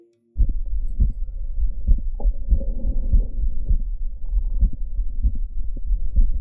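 Heart by stethoscope at the pulmonic area of a middle-aged man with mitral valve prolapse and severe mitral regurgitation, possibly from ruptured chordae tendineae. The second heart sound is multicomponent: 3, sometimes 4, sounds are heard in place of S2. The murmur is barely audible.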